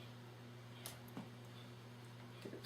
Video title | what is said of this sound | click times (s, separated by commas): Check The Level of the Rifle and Optics | snap into place then we can level it okay | 0.9 s